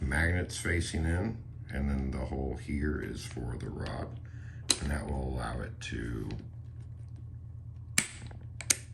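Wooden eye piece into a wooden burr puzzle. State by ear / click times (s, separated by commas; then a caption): seated / 8.0 s, 8.7 s. A wooden eye piece is fitted into a wooden burr puzzle with its magnets facing in and its hole over the rod while someone talks. It snaps into place and locks with sharp clicks at 8.0 s and 8.7 s, and the piece is seated.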